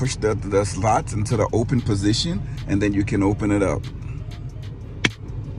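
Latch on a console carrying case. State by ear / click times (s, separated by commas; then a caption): released / 5.1 s. Someone talks while sliding the plastic latches on a hard-shell carrying case for a Nintendo Switch 2 handheld console into the open position. The case then opens with a single sharp click at 5.1 s, releasing the latch.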